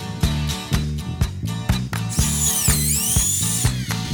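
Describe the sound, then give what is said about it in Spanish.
A dentist's drill whirs during dental treatment, its thin high-pitched whine rising and dipping, over a steady rhythmic mechanical thumping that repeats roughly three times a second. No one speaks. “Evidentemente, mientras mi dentista aplicaba el... con el taladro, en mi cabeza estaba la imagen de Mr.”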